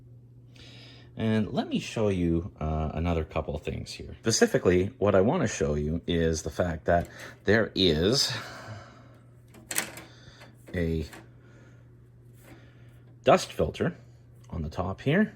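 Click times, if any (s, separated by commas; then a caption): 9.7 s, 9.8 s. Someone talks while a dust filter is pressed down onto the top panel of a desktop PC case. Two sharp clicks are heard at 9.7 and 9.8 seconds, and the filter locks into place.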